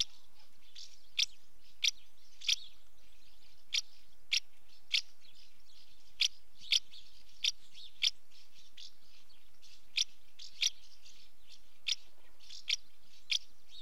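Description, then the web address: House martin calls: sharp, dry chirps at uneven intervals, with soft, scratchy twittering between them. Female calling at the nest entrance; British bird. "BBC Sound Effects Library. House Martin female calling at nest entrance"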